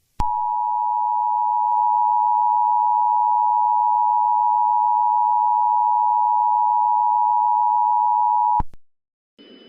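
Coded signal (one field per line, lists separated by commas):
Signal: Emergency Alert System (SAME) tones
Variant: 853 and 960 Hz attention tone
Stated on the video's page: Fictional EAS scenario themed on The Thing.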